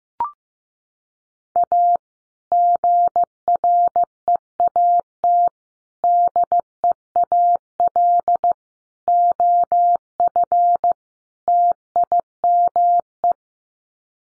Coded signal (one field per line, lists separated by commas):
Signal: Morse code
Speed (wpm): 15 wpm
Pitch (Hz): 700 Hz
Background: none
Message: A GREAT DEAL OF TIME